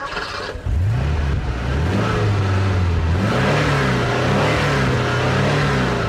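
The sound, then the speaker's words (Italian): A small new Fiat car's engine revs up hard during road testing after a brief quiet start, its droning pitch climbing and dipping through several gear-like surges, loud and steady for about five seconds with no voices. “a sottoporre la nuova vettura alle prove le più diverse”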